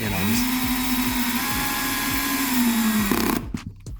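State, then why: Torque reached. A power driver set to its lowest clutch setting, because the bulkhead is hard, drives a screw into an RC chassis bulkhead with a steady motor whine while someone talks. The clutch clicks at 3.2 and 3.3 seconds as the screw reaches the torque setting, and the motor stops. The screws are then finished hand tight.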